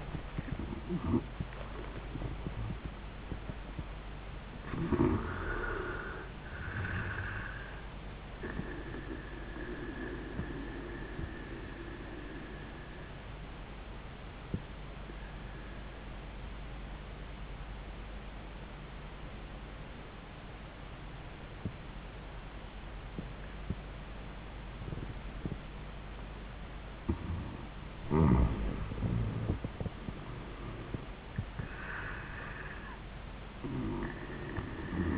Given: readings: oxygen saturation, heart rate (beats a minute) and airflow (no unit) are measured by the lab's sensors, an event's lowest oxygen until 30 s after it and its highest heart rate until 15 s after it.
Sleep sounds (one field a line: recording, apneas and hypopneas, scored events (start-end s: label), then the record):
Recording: breathing in sleep by a voice recorder at the bedside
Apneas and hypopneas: 1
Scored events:
12.00-26.60 s: obstructive apnea (N1, oxygen 97% highest, then 87% lowest, heart rate 79 at the start, 94 highest)
From the record:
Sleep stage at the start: N1 (lightest sleep)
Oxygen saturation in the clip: 86 to 97%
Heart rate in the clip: 69 to 100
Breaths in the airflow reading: 4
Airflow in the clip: -18.0 to 18.0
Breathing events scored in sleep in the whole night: 400 in 8.7 hours asleep